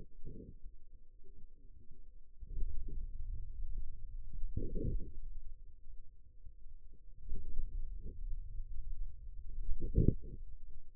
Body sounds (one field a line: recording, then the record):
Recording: forearm muscle sounds (acoustic myography)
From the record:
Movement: hand opening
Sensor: system 2, bracelet of six BSWA MPA416 microphones around the upper forearm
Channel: 3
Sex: male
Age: 22 years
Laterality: right